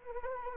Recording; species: mosquito wingbeat signal from an infrared sensor; Anopheles arabiensis